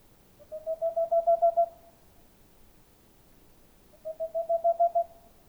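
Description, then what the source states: Boreal owl song: two bursts of several fast, low hoots building slightly in loudness, separated by a gap of a few seconds. Male singing near a nest hole in a tall dead tree amid forest, Haut-Diois, France, 15 April 2020, at night; recorded with Nagra LB, stereo omni microphones.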